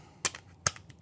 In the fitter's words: that locks in place and then you've got the charging port that lock